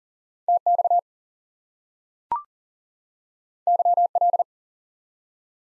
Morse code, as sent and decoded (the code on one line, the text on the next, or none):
- -..- / -.-- .-..
TX YL